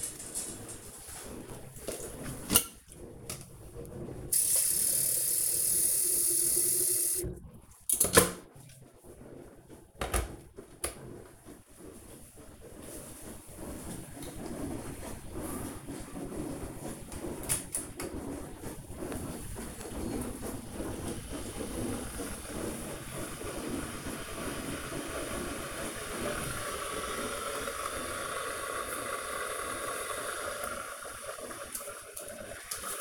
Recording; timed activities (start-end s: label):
household activities, microphone on the right wrist
0.00-33.01 s: baking